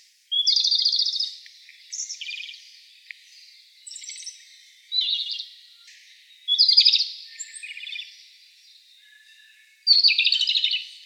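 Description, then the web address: Japanese robin song: several loud trilled phrases, with softer high notes between them. Recorded 13 April 2016. "birdenaga komadori"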